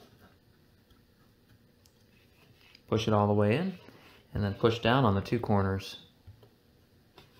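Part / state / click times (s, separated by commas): SODIMM memory module into laptop memory socket / not seated / none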